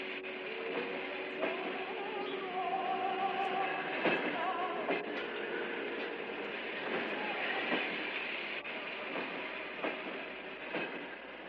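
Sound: departing train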